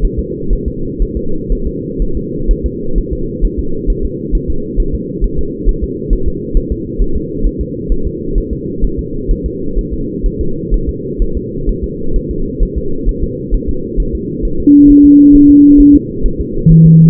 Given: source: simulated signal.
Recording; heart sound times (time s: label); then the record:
fetal heart sounds
0.05 s: S1
0.19 s: S2
0.53 s: S1
0.68 s: S2
1.02 s: S1
1.17 s: S2
1.52 s: S1
1.67 s: S2
2.02 s: S1
2.17 s: S2
2.51 s: S1
2.66 s: S2
2.98 s: S1
3.13 s: S2
3.45 s: S1
3.59 s: S2
3.90 s: S1
4.05 s: S2
4.35 s: S1
4.50 s: S2
4.80 s: S1
4.95 s: S2
5.24 s: S1
5.39 s: S2
5.69 s: S1
5.84 s: S2
6.13 s: S1
6.28 s: S2
6.57 s: S1
6.72 s: S2
7.02 s: S1
7.16 s: S2
7.46 s: S1
7.61 s: S2
7.92 s: S1
8.07 s: S2
8.38 s: S1
8.53 s: S2
8.84 s: S1
8.99 s: S2
9.31 s: S1
9.46 s: S2
9.79 s: S1
9.93 s: S2
10.26 s: S1
10.41 s: S2
10.74 s: S1
10.89 s: S2
11.22 s: S1
11.37 s: S2
11.69 s: S1
11.84 s: S2
12.16 s: S1
12.31 s: S2
12.63 s: S1
12.78 s: S2
13.09 s: S1
13.24 s: S2
13.54 s: S1
13.69 s: S2
14.00 s: S1
14.15 s: S2
14.45 s: S1
14.60 s: S2
14.90 s: S1
15.05 s: S2
15.35 s: S1
15.50 s: S2
15.80 s: S1
15.95 s: S2
16.26 s: S1
16.41 s: S2
16.72 s: S1
16.86 s: S2
From the record:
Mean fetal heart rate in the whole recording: 130 bpm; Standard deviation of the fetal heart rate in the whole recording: 4 bpm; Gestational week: 38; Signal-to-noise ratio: -8.1 dB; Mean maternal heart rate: 72 bpm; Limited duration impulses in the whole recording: present